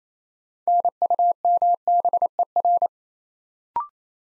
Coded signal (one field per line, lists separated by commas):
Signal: Morse code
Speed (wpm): 28 wpm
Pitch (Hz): 700 Hz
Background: none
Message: NUMBER